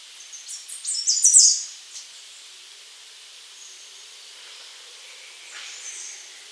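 Bird call: a quick series of high, scratchy chirps rising to a loud burst, followed by a long stretch of faint hiss and a weak final note.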